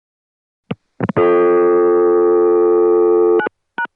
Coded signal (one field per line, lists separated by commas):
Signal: telephone call progress tone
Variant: North America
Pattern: dial tone